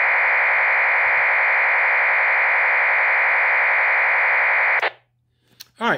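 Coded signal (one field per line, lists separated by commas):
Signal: MT63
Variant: MT63-2K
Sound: steady wideband warbling hiss about five seconds long, then abrupt stop and brief squelch noise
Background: low hum, squelch tail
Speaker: running mt360 mt 632k and we're about to send a message here so here we go let's see what we get all right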